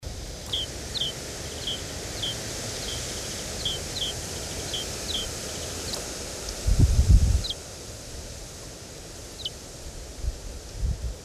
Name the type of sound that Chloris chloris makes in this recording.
call